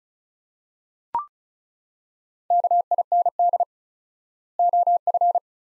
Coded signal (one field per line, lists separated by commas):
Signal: Morse code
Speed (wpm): 36 wpm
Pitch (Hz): 700 Hz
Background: none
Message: KIND OF